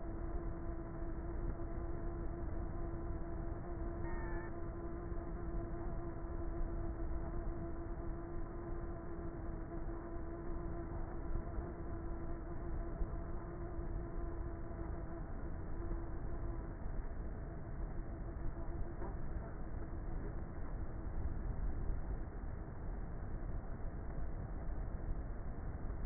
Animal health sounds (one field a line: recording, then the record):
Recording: honeybee colony, microphone inside the hive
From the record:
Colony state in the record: queenless with a low population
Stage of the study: before two queens were removed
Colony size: about 30,000 bees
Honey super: no